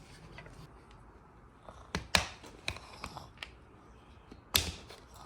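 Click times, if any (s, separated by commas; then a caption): 2.2 s, 4.6 s. The plastic fairing panel of a Forza 125 scooter, a 125 cc model, is pressed back onto its mounting on the scooter body, producing a series of sharp clicks and snaps over a quiet background. The loudest clicks at 2.2 s and 4.6 s mark the panel clipping home, and it ends up firmly clipped in place.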